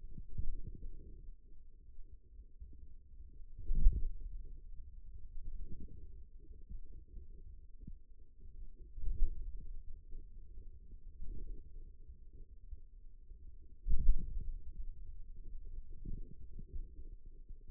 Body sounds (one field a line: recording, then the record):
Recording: forearm muscle sounds (acoustic myography)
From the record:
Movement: wrist flexion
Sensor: system 2, bracelet of six BSWA MPA416 microphones around the upper forearm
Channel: 3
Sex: male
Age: 22 years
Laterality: right